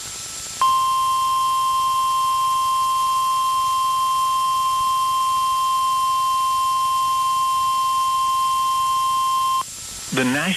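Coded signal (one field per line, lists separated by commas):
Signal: Emergency Alert System (SAME) tones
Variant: 1050 Hz attention tone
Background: speech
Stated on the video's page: Personally captured EAS alerts for Mississippi and Louisiana.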